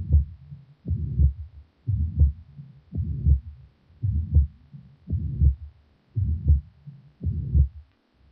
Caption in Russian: В четвертой точке аускультации появление систолического шума свидетельствует о наличии недостаточности трикуспидального клапана. Как правило, она носит функциональный характер и развивается вследствие дилатации правого желудочка и растяжения кольца трикуспидального клапана. Первый тон, как правило, ослаблен. Систолический шум трикуспидальной недостаточности.